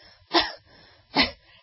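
An adult woman imitates a suppressed cough, puckered up and held back, as women cough so as not to leak urine or pass gas. Two short, soft cough bursts separated by a pause.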